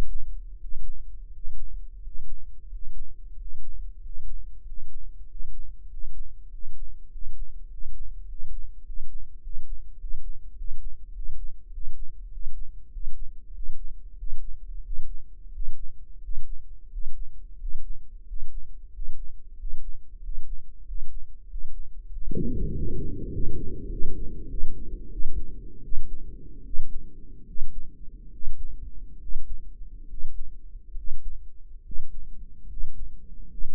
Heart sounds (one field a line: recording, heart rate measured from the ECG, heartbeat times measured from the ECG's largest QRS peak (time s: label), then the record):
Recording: heart sounds by microphone in the right ear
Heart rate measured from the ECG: 89 bpm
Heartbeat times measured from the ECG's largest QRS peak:
0.54 s: heartbeat
1.27 s: heartbeat
1.97 s: heartbeat
2.65 s: heartbeat
3.32 s: heartbeat
3.96 s: heartbeat
4.60 s: heartbeat
5.22 s: heartbeat
5.84 s: heartbeat
6.45 s: heartbeat
7.06 s: heartbeat
7.65 s: heartbeat
8.23 s: heartbeat
8.80 s: heartbeat
9.37 s: heartbeat
9.95 s: heartbeat
10.52 s: heartbeat
11.10 s: heartbeat
11.68 s: heartbeat
12.28 s: heartbeat
12.89 s: heartbeat
13.51 s: heartbeat
14.15 s: heartbeat
14.82 s: heartbeat
15.51 s: heartbeat
16.20 s: heartbeat
16.89 s: heartbeat
17.57 s: heartbeat
18.24 s: heartbeat
18.90 s: heartbeat
19.56 s: heartbeat
20.20 s: heartbeat
20.84 s: heartbeat
21.46 s: heartbeat
22.09 s: heartbeat
22.70 s: heartbeat
23.30 s: heartbeat
23.89 s: heartbeat
24.49 s: heartbeat
25.10 s: heartbeat
25.82 s: heartbeat
26.64 s: heartbeat
27.46 s: heartbeat
28.31 s: heartbeat
29.19 s: heartbeat
30.07 s: heartbeat
30.94 s: heartbeat
31.82 s: heartbeat
32.66 s: heartbeat
33.47 s: heartbeat
From the record:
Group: healthy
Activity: breath hold 0-23 s, rest 23-34 s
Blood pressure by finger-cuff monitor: 100/66 mmHg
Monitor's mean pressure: 77 mmHg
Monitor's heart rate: 91 bpm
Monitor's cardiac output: 7.5 L/min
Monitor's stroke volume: 86 mL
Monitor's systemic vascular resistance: 690 dyn s/cm5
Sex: male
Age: 23 years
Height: 178 cm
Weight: 96.6 kg